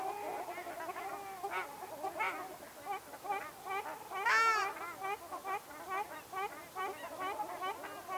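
Ruddy shelduck calls, a busy mix of nasal honks and short clucking notes, with one louder note midway.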